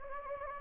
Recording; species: mosquito wingbeat signal from an infrared sensor; Anopheles gambiae